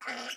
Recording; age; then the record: pig call; piglet (1 to 25 days)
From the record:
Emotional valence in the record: negative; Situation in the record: restrain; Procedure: in the arms of a person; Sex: female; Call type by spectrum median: low-frequency call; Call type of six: mixed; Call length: 0.37 s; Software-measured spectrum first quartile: 1166 Hz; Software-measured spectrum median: 2018 Hz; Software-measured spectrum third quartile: 3362 Hz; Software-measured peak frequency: 1479 Hz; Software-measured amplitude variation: 117 dB a second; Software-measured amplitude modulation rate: 20.4 a second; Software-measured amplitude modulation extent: 5.7 dB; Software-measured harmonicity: 0.9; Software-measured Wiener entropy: -1.15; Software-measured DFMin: 734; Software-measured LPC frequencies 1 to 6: 704, 1457, 2065, 2908, 4892, 5501 Hz